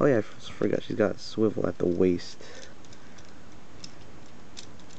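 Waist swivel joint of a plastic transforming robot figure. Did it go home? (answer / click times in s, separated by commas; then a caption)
yes / 3.8 s. Someone talks for the first couple of seconds, then turns the waist swivel joint of a plastic transforming robot figure during transformation. A sharp click at 3.8 s marks the joint snapping into its detent and seating in place.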